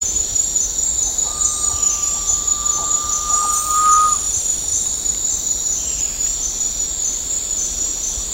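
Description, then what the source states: Garnet pitta call: a single drawn-out whistle lasting nearly three seconds, climbing gently in pitch, set against continuous shrill insect drone. Recorded at Danum on 10 August 2009.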